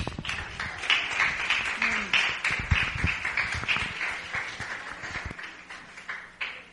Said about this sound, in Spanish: Ese aplauso para Hashem, por si acaso, ¿eh?